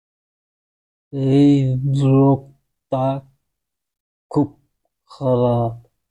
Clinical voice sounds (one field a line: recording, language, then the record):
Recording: elicited speech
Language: Bengali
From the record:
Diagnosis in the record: Broca's or global aphasia after a stroke